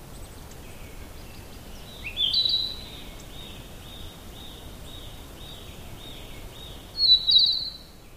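Narcissus flycatcher singing, a high whistled phrase followed by a string of softer repeated lower notes, then a final bright trilled phrase, with constant background noise.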